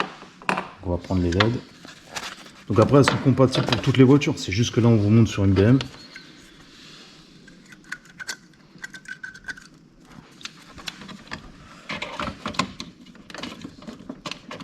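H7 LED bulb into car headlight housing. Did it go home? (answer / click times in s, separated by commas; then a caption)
no / none. Someone talks while handling a SUPAREE H7 Canbus LED headlight bulb with a fan (36000 lm, 6500K) at a BMW's headlight housing, where it is meant to snap in by its plastic retaining clip. After the talking, there are quiet fumbling and rattling sounds with sharp taps around 0.5, 10.9, 12.0, 12.2 and 12.6 seconds. Nothing has seated or clicked home yet.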